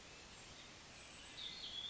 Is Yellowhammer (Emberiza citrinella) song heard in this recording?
no